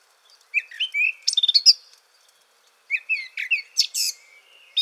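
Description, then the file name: Eurasian blackcap singing two short, varied warbling phrases of quick chirps and whistles, separated by a brief pause. "Sylvia atricapilla"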